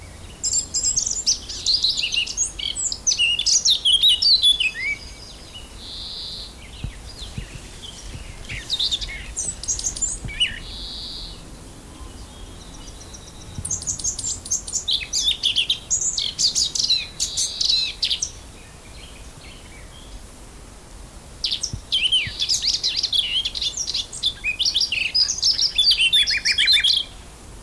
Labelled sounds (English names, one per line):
Eurasian Blackcap song